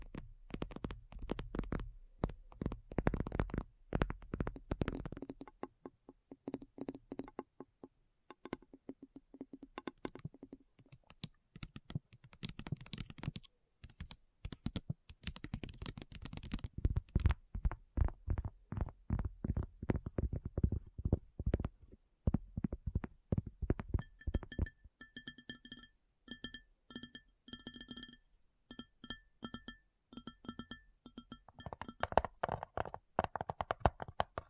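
ASMR tapping, quick fingertip taps in dense, fairly regular bursts with short pauses between runs. The taps stay low and soft for most of the clip. Near the end, around 25 seconds on, brighter ringing clinks join in as the tapping continues.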